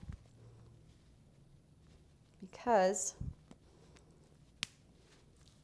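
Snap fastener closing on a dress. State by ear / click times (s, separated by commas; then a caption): seated / 4.6 s. A small hidden snap fastener on a dress is pressed closed by hand, and it snaps shut at 4.6 s with a sharp, bright click. Someone talks briefly around 2.5–3.3 s. A few faint soft handling ticks come before and after the snap.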